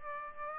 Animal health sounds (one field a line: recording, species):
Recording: mosquito wingbeat signal from an infrared sensor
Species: Aedes aegypti